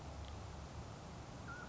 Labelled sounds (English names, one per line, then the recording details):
Mountain Quail
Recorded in Sonoma County, California